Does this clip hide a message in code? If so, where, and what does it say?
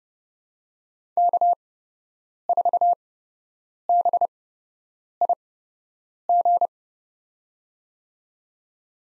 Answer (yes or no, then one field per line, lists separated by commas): yes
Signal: Morse code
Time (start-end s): 1.2-6.7 s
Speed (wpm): 30 wpm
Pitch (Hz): 700 Hz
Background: none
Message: K4BIG